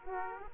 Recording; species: mosquito wingbeat signal from an infrared sensor; Aedes aegypti